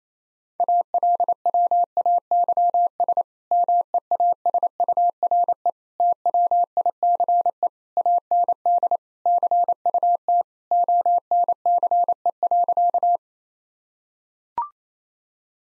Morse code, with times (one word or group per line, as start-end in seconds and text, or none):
0.6-3.2 ALWAYS
3.5-5.7 MEASURE
6.0-7.7 TWICE
8.0-9.0 AND
9.3-10.4 CUT
10.7-13.2 ONCE.